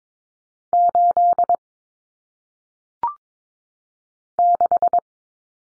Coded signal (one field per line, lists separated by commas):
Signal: Morse code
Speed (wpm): 22 wpm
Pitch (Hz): 700 Hz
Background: none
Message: 8 6